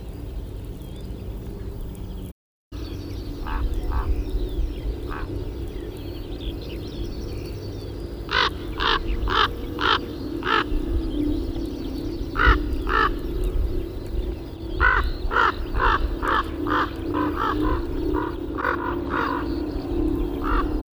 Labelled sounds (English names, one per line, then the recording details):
Common Raven alarm call
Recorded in the wild
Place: Putbus, Insel Rügen, Mecklenburg-Vorpommern, DE
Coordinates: 54.382, 13.483
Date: 1977-05-10
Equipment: Nagra III BH, Sennheiser MD 21, parabola
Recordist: Schubert, Michael